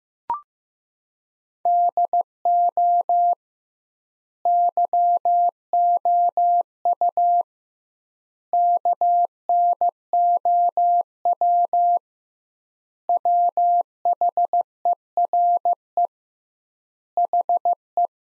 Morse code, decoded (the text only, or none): DO YOU KNOW WHERE HE